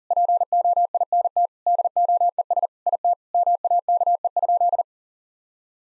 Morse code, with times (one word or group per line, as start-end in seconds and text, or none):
0.1-1.5 POINT
1.7-2.7 DOES
2.9-3.1 IT
3.3-4.8 MAKE?